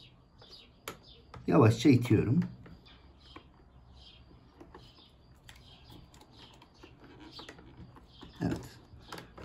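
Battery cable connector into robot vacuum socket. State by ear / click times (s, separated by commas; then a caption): seated / 9.1 s. A new battery's cable plug is pushed slowly into its socket in a robot vacuum while someone talks, with faint ticks and small handling clicks throughout. The connector clicks in at 9.1 s, and it is seated.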